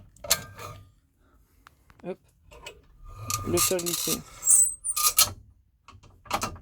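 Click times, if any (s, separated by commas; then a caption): 5.2 s. A camper table support in a Ford Transit Nugget Westfalia is set into its mounting while someone talks, with scattered mechanical knocks and rattles along the way. A sharp ratchet-like click at 5.2 s marks the support latching into place, and it is confirmed properly engaged.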